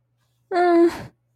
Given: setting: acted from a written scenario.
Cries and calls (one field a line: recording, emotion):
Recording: vocal sound without words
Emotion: distress